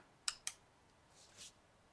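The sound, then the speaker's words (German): Two sharp, crisp clicks in quick succession, followed by a pair of softer, duller taps, all fairly faint against a quiet background with no voices; the person making them says they just closed a ballpoint pen. “Du tippst im Hintergrund.”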